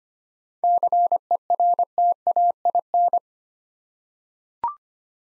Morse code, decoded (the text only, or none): CERTAIN